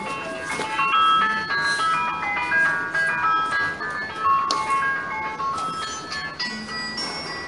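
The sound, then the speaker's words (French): A mobile phone ringtone plays an incoming-call melody as a woman's husband calls her, a bright electronic tune of stepping notes that repeats steadily for several seconds at a fairly loud level, with no one talking. “C'est ton mari qui t'appelle déjà, on se commence.”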